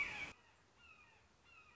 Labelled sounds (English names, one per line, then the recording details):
Red-shouldered Hawk
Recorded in Sonoma County, California